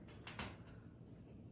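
Two spring toggle bolts for a towel bar are pushed through drilled holes in drywall and wiggled until their wings snap open on the far side. After a faint rustle, two sharp metallic snaps sound at 0.3 s and 0.4 s, the second louder. Both toggles are seated, their wings open behind the sheetrock.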